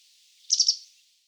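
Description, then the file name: White wagtail call: a brief burst of three quick, high sharp notes run together, with nothing else heard. "bachstelze"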